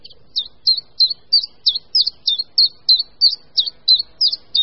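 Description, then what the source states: Common Chiffchaff singing steady high chiff-chaff notes, about three per second, over quiet background. Monotonous song heard from the tree crowns; territorial song marking the nesting territory; song differs clearly from related warbler species.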